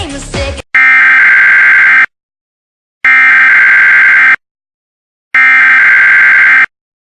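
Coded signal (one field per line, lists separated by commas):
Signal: Emergency Alert System (SAME) tones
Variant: header bursts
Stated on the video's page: Mock EAS test.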